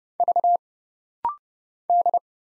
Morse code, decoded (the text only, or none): V D